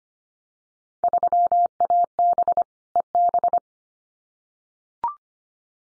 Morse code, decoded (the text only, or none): 3AB EB